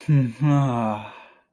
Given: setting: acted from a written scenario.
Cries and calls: vocal sound without words; ecstasy

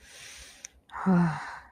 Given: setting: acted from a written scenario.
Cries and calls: vocal sound without words; serenity

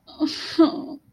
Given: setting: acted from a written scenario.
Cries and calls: vocal sound without words; sadness

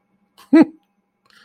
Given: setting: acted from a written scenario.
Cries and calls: vocal sound without words; amusement

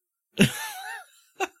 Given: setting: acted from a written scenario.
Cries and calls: vocal sound without words; amusement

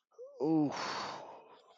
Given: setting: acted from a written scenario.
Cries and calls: vocal sound without words; contentment

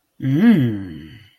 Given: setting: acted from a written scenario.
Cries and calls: vocal sound without words; desire

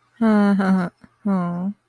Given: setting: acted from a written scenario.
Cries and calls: vocal sound without words; sympathy

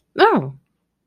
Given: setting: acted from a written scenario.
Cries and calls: vocal sound without words; realization

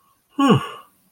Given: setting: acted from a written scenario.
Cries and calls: vocal sound without words; relief

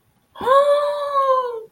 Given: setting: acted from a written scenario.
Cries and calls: vocal sound without words; triumph

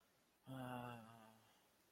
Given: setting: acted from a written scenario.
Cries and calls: vocal sound without words; confusion

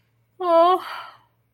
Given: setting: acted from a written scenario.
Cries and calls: vocal sound without words; sadness

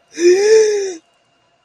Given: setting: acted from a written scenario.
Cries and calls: vocal sound without words; negative surprise

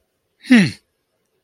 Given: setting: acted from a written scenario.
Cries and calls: vocal sound without words; contempt

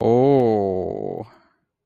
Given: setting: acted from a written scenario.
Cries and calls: vocal sound without words; romantic love

